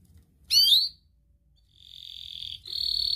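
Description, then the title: Atlantic canary song: a quick chirp, a pause, then two sustained high rolling trills, the second louder. Actively singing (gacor) canary with rich song phrasing (cengkok) and fill-in phrases (isian), from the Indonesian songbird hobby (kicaumania). "Kenari Gacor Cengkok Isian Kenarigacor Kicaumania Kenari"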